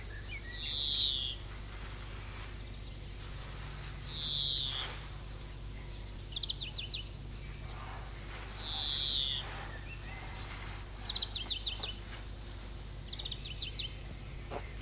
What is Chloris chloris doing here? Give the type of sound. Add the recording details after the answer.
call. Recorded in the wild. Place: Lübars, Benekendorffstraße, Berlin, DE. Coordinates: 52.6167, 13.3469. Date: 2004-05-01 10:27. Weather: sunny, 16°C. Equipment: Fair Mate ST-1328 (Asahi Electronics, Japan), Sennheiser ME 80, Kopie Uher 4000 Report Monitor. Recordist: Tembrock, Günter. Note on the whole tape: Langlaute und Lautfolgen